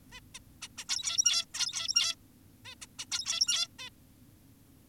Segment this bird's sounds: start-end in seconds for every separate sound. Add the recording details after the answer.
0.12-0.20, 0.35-0.39, 0.62-0.68, 0.78-0.85, 0.88-1.46, 1.54-2.16, 2.65-2.75, 2.82-2.86, 2.99-3.06, 3.12-3.68, 3.79-3.90. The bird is an adult. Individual g17y2U